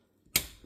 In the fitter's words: there's the safety catch, and then next click,